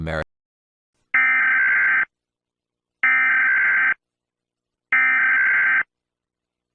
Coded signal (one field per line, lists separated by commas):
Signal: Emergency Alert System (SAME) tones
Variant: header bursts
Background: speech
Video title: Rating EAS alarms from North America and Central America.